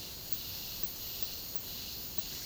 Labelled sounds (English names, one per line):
none